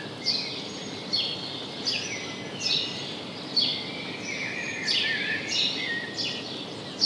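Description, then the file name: House sparrow calls: a series of clipped, downward-sliding chirps with background hiss. "Passer domesticus"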